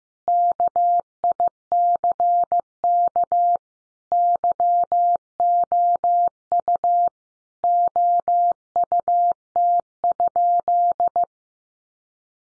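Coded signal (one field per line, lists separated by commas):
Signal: Morse code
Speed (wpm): 15 wpm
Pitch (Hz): 700 Hz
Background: none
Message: KICK YOU OUT?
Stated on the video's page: Morse code practice at 15 wpm: head-copy sentences built from the top 1300 words, each sent in Morse, spoken, then sent again.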